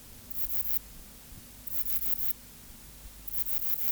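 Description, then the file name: Bush-cricket song, three brief high buzzy chirps spaced about one and a half seconds apart over a low hum. "Ephippigerida areolaris"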